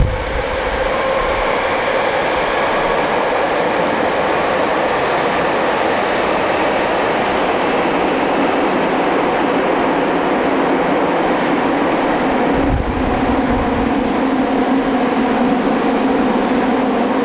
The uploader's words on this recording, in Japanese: TWR70-000形 埼京線快速01 新木場～赤羽。209系と同じオリジナルのインバータ音だった、TWR70-000形”埼京線快速”を収録したものです。